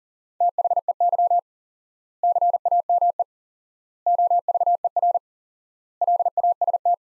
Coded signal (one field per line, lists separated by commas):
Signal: Morse code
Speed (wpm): 40 wpm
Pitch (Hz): 700 Hz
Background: none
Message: THEY CAME OVER LAST